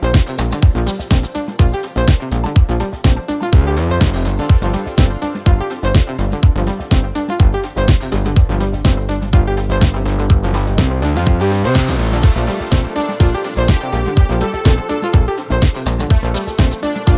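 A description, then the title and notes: House music with a steady, driving kick and bright hi-hats under dense synth chords, briefly dropping the beat for a rising sweep near eleven seconds. New house sounds.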